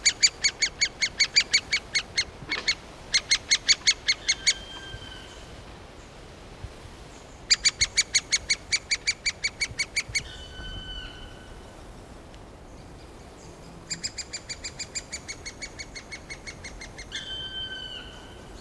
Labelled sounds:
Great Spotted Woodpecker (Dendrocopos major) call
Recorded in the wild
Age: juvenile
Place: Mühlenbecker Wald, Brandenburg, DE
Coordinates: 52.6833, 13.4
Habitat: forest
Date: 1988-06-04 10:42
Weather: bedeckt, 18-20°C, Wind
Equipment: Nagra SN, Kopie Tesla B 116
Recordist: Tembrock, Günter

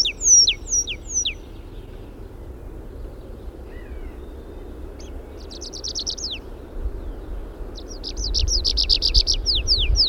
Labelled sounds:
Tree Pipit (Anthus trivialis) song
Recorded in the wild
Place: Glowe, Insel Rügen, Mecklenburg-Vorpommern, DE
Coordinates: 54.569, 13.471
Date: 1974-04-21
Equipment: Nagra III BH, Sennheiser MD 21, parabola
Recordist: Schubert, Michael

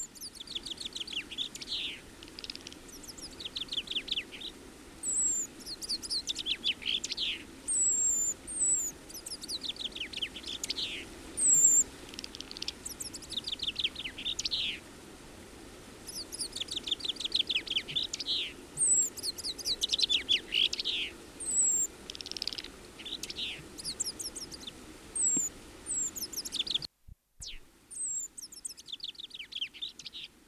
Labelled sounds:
Common Chaffinch (Fringilla coelebs) song
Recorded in the wild
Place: Garmisch-Partenkirchen, Bayern, DE
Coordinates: 47.5206, 11.0811
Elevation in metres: 847
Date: 1967-03-26
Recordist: Tretzel, Erwin

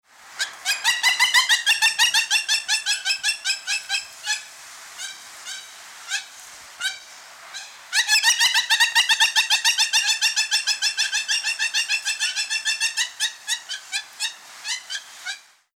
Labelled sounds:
Hamerkop (Scopus umbretta)
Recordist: Tembrock, Günter
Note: Lautfolgen

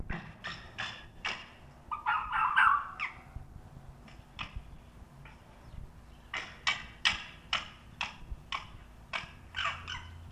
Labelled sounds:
Corsac Fox (Vulpes corsac)
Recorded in captivity
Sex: male
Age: adult
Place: Zoologisches Institut der HUB, Berlin, DE
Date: 1969-01-04 11:00
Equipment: Uher 4000 Report Monitor, GDM 121
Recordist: Tembrock, Günter

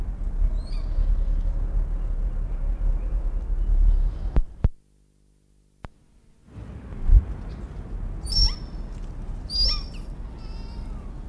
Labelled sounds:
Hog Deer (Axis porcinus) call
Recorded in captivity
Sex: female
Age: adult
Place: Zoo Berlin, Berlin, DE
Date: 1959-11-07 16:00
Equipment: Reporter (Vollspur)
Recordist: Tembrock, Günter
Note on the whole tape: Weibliches Tier: Rufe (am Gitter zum Männchen). Abstand 10 m

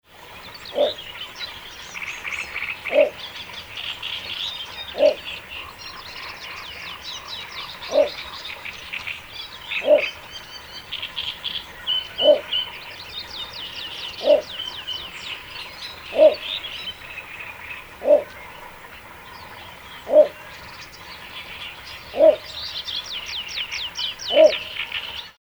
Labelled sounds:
Little Bittern (Ixobrychus minutus)
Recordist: Frommolt, Karl-Heinz
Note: Rufreihe

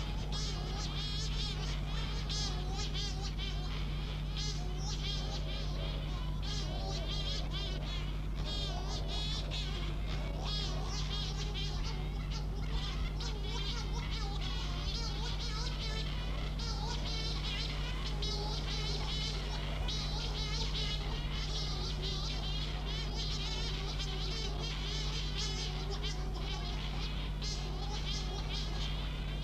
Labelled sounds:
Cory's Shearwater (Calonectris borealis) call
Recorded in captivity
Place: La Gomera, ES
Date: 1985-03-17
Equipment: Halbspur, 9,5 cm/s
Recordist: Lütgens, Hans

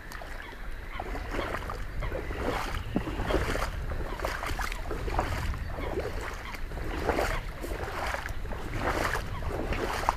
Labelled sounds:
Common Cuckoo (Cuculus canorus)
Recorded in the wild
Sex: male
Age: adult
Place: Warsow, Kummerower See, Mecklenburg-Vorpommern, DE
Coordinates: 53.8358, 12.8492
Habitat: wetland
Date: 2013-05-23 19:20
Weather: cloudy, weak wind, 15°C
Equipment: Sound Devices 702, Sennheiser MKH 70, Rycote Windschutz
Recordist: Frommolt, Karl-Heinz
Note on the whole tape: Rufe eines Kuckucks. Entfernung ca. 40 m. Tier gesehen

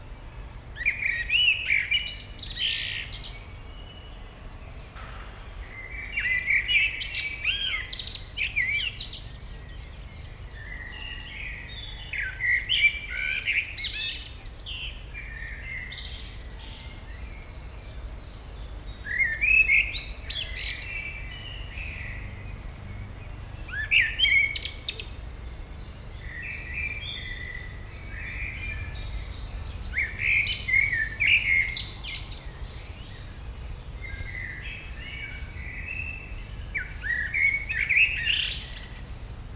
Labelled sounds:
Common Blackbird (Turdus merula)
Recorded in the wild
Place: Schloßpark Niederschönhausen, Berlin, DE
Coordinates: 52.58, 13.4
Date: 1996-05-18 18:35
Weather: sonnig, 24°C
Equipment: Sony MD-WM MZ-R3, Sennheiser MKH 416 T, Kopie Uher 4000 Report Monitor
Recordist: Tembrock, Günter

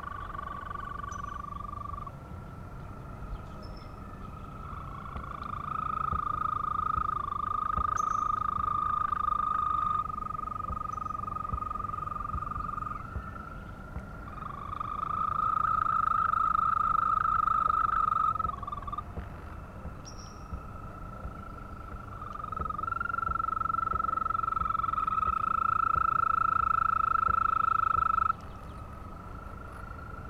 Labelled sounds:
Green Toad (Bufo viridis) call
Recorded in the wild
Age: adult
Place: Malchower Aue, Berlin, DE
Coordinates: 52.5817, 13.4869
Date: 1990-05-20 21:45
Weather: Temperatur: Luft - 14,5°C, Wasser - 20,5°C
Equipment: Uher 4400 Report Monitor, Sennheiser MKH 416 T
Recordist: Frommolt, Karl-Heinz

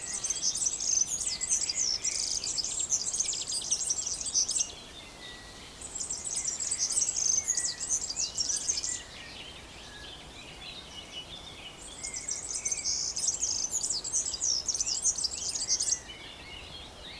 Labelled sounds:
European Serin (Serinus serinus)
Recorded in the wild
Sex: male
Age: adult
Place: Summt, Brandenburg, DE
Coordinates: 52.69, 13.374
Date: 1992-06-14 14:22
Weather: sonnig (heiter), 19-22°C
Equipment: Nagra SN, Mikrofon AKG CK 8, Kopie Tesla B 116
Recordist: Tembrock, Günter

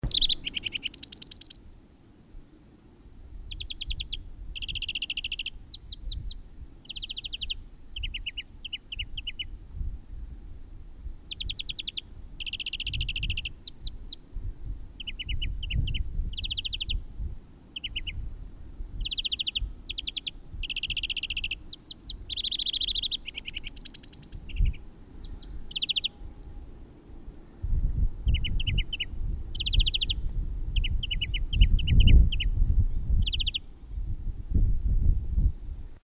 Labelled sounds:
European Greenfinch (Chloris chloris) song, Yellowhammer (Emberiza citrinella)
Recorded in the wild
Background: Emberiza citrinella
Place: Garmisch-Partenkirchen, Bayern, DE
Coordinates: 47.4961, 11.1042
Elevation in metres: 705
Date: 1967-03-25
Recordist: Tretzel, Erwin
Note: Vermutlich Ostern 1967, Kramerplateauweg: Gesang

